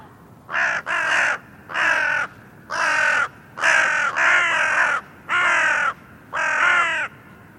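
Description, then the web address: Bird repeating loud, grating caws at a fairly even pace, roughly one each second, with a double caw near the start. "cianscape birddata Deverinetal 2025 Bird Only"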